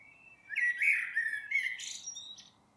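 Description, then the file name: Eurasian blackbird delivering one rich, low warbled phrase that breaks into high, scratchy twittering notes at its close. "Turdus merula"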